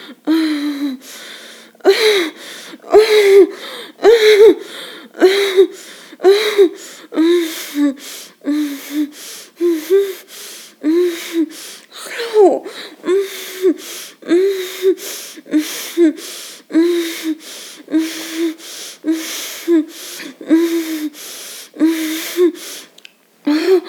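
A woman moans in short, breathy bursts, roughly one per second, in a steady rhythm for the whole stretch. Each moan sits in a mid-low voice with airy gasping and panting around it, with brief pauses near the start and end.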